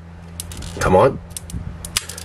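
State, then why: Seated. Someone pushes the stiff plastic shoulder joint of a Gunpla model kit inward into the torso for tank form, talking and straining as small plastic clicks and creaks sound. At 2.0 s it snaps in with a sharp click and locks into place with no more movement.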